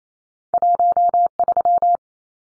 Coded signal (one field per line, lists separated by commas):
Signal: Morse code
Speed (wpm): 28 wpm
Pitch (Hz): 700 Hz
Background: none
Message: 13